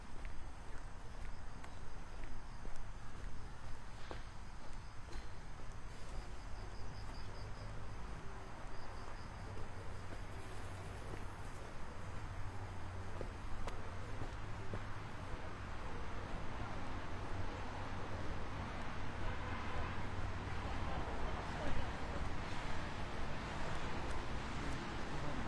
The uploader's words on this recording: 27℃ 多云天的午间散步. Noon Break Walking On A Cloudy Day.